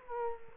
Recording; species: mosquito wingbeat signal from an infrared sensor; Culex quinquefasciatus